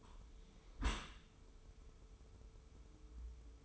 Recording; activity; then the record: daily activity, microphone in the room; close dishwasher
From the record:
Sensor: 1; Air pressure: 1015.0 hPa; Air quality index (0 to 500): 25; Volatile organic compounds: 0 ppm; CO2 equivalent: 500 ppm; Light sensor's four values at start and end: 13/30/12/13 and 13/30/12/13